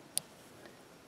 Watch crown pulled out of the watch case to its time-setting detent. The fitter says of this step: pull out two clicks